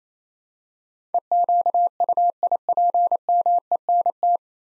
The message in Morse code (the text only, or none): EQUIPMENT